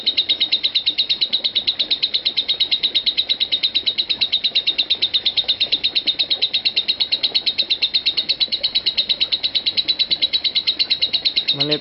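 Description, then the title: Lovebird singing a steady, rapid run of sharp high-pitched pulses, very regular and continuous, with a faint short noise near the end. "Lovebird Konslet"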